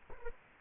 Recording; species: mosquito wingbeat signal from an infrared sensor; Culex quinquefasciatus